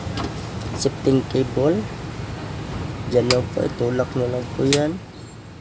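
The shifting cable end on a Chevrolet Trailblazer is being handled by hand at the gear shift lever linkage, where it goes onto the lever pivot after the shifter got stuck in manual mode. Someone talks over a low steady background hum. Nothing has seated or clicked yet, and the cable end is still not home when the clip ends.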